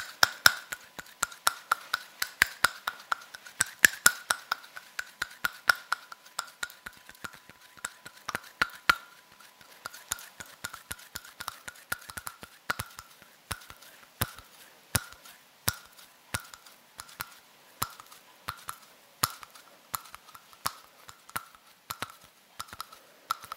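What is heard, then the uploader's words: Hand sounds made of sharp, dry clicks and small taps, coming in quick irregular bursts for the whole stretch. The snaps are crisp and bright, loudest in the first few seconds, then slightly softer and sparser, over a quiet, faint hiss. ASMR Soothing Hand Sounds (Fluttering, Rubbing, Plucking, Hand Cream ...)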